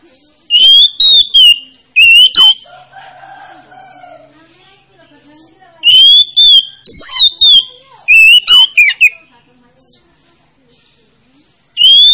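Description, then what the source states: Oriental magpie-robin song: bright whistled phrases of slurred notes in several bursts, with quieter warbling and faint chatter between them. Lure to make a reluctant, rarely singing magpie-robin start singing.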